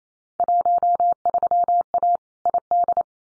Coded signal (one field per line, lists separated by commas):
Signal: Morse code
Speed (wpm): 28 wpm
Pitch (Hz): 700 Hz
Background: none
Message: 13A ID